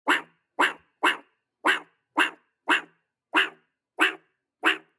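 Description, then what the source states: Meerkat barking: sharp, harsh barks repeated at a steady pace, nine in all, with silence between them. One meerkat barking from inside a burrow hole, recorded very close with a lowered shotgun microphone pointing at the hole; the barking continued for about half an hour.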